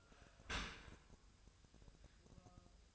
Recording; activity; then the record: daily activity, microphone in the room; open dishwasher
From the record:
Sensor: 2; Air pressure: 1004.6 hPa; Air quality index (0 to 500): 107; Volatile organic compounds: 2 ppm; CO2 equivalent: 1297 ppm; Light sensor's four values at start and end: 6/15/6/6 and 6/15/6/6